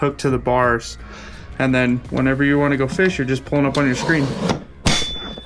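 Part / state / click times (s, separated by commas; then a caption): telescoping tent pole push-pin in the pole sleeve of a sonar screen mount / seated / 4.9 s. Someone talks while pulling up a sonar screen mast made from pop-up tent poles, for a Garmin 106sv and LVS34 shuttle. At 4.9 s the spring push-pin of the telescoping tent pole snaps into its hole in the pole sleeve with a sharp metallic clang. The mast is locked into place, with a little wobble from the play in the poles.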